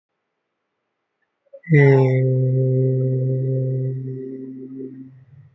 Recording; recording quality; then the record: sustained vowel as in made; excellent, no background noise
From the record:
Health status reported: healthy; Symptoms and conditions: none ticked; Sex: male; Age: 27 years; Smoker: not ticked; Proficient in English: yes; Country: India